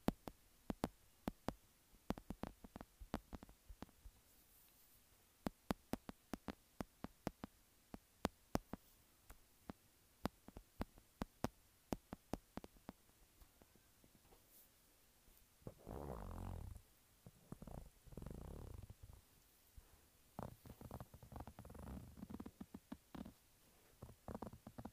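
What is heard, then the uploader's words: Sharp taps on a textured phone case come in quick irregular runs for the first fifteen seconds, some bunched close together. After that, longer scratching strokes take over, rough dull bursts lasting a second or two, with scattered taps between them. Tapping and Scratching Textured Phone Case.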